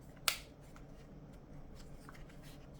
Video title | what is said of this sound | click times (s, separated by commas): Maverick Series iPhone 15 Pro Case | All you got to do is marry this together. Snap it on. | 0.3 s